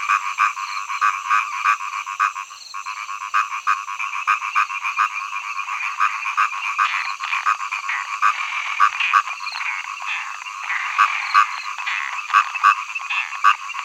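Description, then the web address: Frogs croaking in a lively chorus, sharp clicking pulses repeated rapidly and irregularly over a continuous background of other calling frogs. Frog songs in early summer. "zvuci-ot-prirodata-za-deca-pesni-na-zabi-07 ranno-lato"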